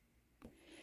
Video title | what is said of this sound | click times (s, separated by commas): UNBOXING: Budget Office Desk Lamp around $20 @CoastalCraftFilAm | all right it's always kind of scared to break this but you're supposed to snap it you can hear that and | 0.4 s